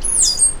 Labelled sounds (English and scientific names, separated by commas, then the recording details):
Stitchbird (Notiomystis cincta) song
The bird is a male
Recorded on Tiritiri Matangi Island, New Zealand, in 2005
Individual 12, of nest box 16